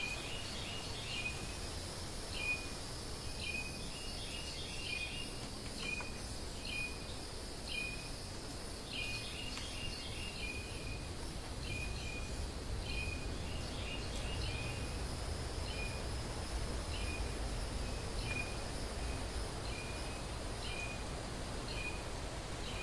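In a wild bamboo forest, a bird repeats short bright chirps every second or so over a steady low rumble and high insect hiss.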